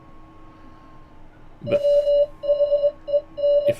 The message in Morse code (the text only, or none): WHEN